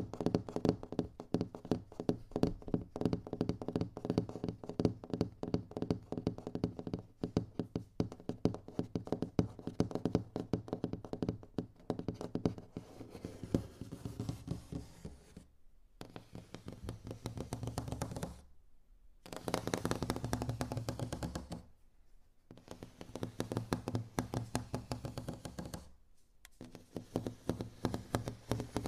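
Soft finger tapping on various objects, dense and rapid at first, then broken by brief silences around 16, 19, 22 and 26 seconds.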